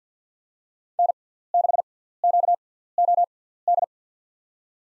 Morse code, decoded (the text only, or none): N6QOD